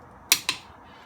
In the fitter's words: this is the clicker this torque wrench is the clicker you hear the click